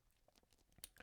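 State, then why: Seated. The spring-loaded micro-adjustment extension on a stainless steel watch bracelet clasp, deployed with the trigger, is pushed back into the clasp so its ratchet clicks in. Faint handling rustle gives way to sharp clicks at 0.8 s and 1.0 s. The micro-adjustment seats in the clasp with heavy clicks.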